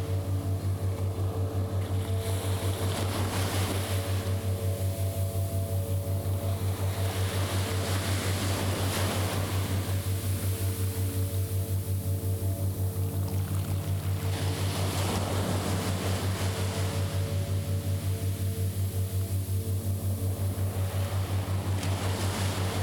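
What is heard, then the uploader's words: A steady low hum drones unbroken beneath slow waves that swell and wash back roughly every six or seven seconds. Soft sustained tones hang in the middle range, and the overall level stays even throughout. Light piano, waves and binaural sounds in the background.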